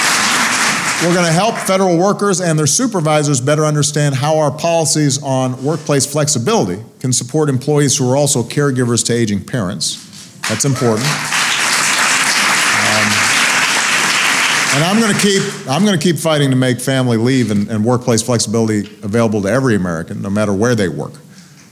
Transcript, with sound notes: We're going to help federal workers and their supervisors better understand how our policies on workplace flexibility can support employees who are also caregivers to aging parents. That's important. (Applause.) And I'm going to keep fighting to make family leave and workplace flexibility available to every American, no matter where they work.